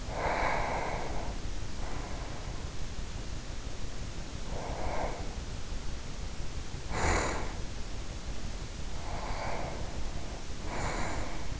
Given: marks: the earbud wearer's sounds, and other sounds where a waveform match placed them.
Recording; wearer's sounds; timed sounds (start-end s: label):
sounds in sleep by an in-ear microphone; breath, snoring breath
0.00-2.76 s: breath
4.29-7.70 s: snoring breath
8.77-11.60 s: breath